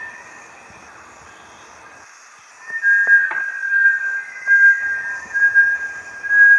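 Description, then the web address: Bartlett's tinamou whistles begin after a quiet stretch: a series of pure, slightly wavering notes, with a single sharp click partway through. "دانلود-صدای-پرنده-وشم-بارتلت"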